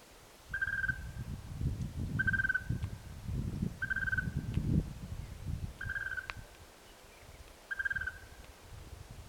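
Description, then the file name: Yellow-fronted tinkerbird giving short, clear, mid-pitched piping notes, one roughly every two seconds, over a low rumbling background. Call on a hill crest in the Waterberg area. "Pogoniulus chrysoconus, roep, heuwelkruin naby Waterberg Natuurpraal"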